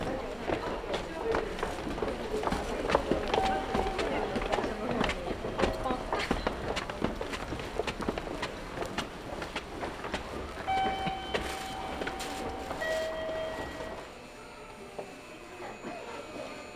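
Onboard a train on the Kagoshima Main Line, the ride rumbles and clatters steadily with frequent sharp knocks and rattles. Murmured speech runs underneath, and around ten to fourteen seconds clear tones sound before the noise drops to a quieter hum.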